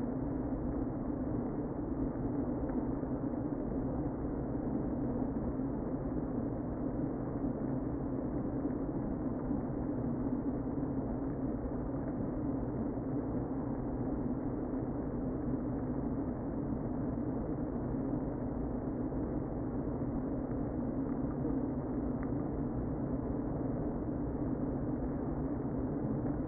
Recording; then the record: honeybee colony, microphone inside the hive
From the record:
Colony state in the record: queen present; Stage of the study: before two queens were removed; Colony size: about 60,000 bees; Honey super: yes